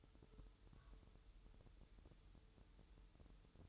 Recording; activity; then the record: daily activity, microphone in the room; take from stove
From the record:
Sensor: 3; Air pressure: 988.3 hPa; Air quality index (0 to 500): 190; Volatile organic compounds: 262 ppm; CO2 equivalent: 4392 ppm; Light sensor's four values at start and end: 24/76/32/27 and 24/76/32/27